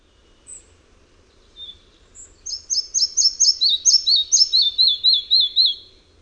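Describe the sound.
Red-breasted flycatcher song: a few thin, high separate notes, then a run of about a dozen sweet, paired notes stepping down in pitch.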